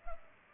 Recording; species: mosquito wingbeat signal from an infrared sensor; Culex pipiens